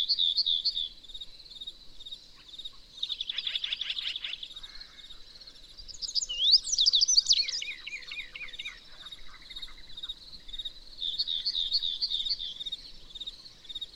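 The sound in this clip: Bird song: bursts of fast high twittering, a loud sweeping and trilling phrase midway, and softer chirping phrases returning later.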